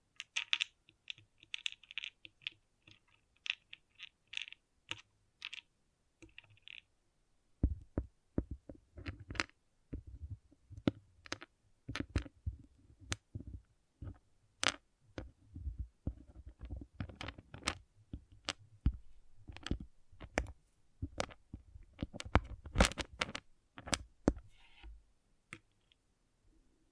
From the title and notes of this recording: ASMR Relaxing Pixel Art Beads ( No Talking).